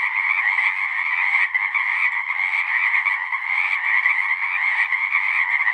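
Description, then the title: Massed Pacific chorus frogs with a steady stream of overlapping raspy croaks. Full chorus after dusk; males giving the advertisement call, a distinct kree-eeck or ribbit, to attract females. "Chorus Frogs, Full Chorus, post-dusk"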